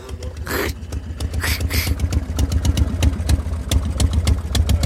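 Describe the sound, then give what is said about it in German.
The boss's car, being fetched, idles with a steady low rumble and a rapid, even mechanical ticking, joined by a few brief bursts of hissing noise early on. “Bin nur raus, den Wagen holen.”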